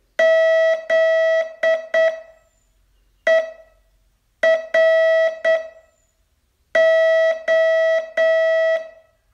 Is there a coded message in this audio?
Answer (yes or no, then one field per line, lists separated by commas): yes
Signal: Morse code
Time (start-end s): 0.2-8.8 s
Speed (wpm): 7 wpm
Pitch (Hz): 650 Hz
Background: none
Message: ZERO